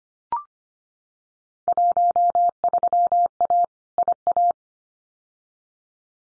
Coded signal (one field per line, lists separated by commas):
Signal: Morse code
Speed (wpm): 25 wpm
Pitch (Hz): 700 Hz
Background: none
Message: 13A IA